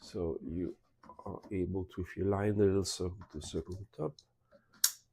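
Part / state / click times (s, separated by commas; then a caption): reflector onto LED video light head / seated / 4.8 s. A plastic reflector accessory is lined up by its hook and edge on the head of a ZHIYUN CINEPEER CX50 RGB 50W LED video light while someone talks. A soft contact sound at about 4.7 s is followed by a sharp, loud click at 4.8 s as the reflector seats in place on the lamp head.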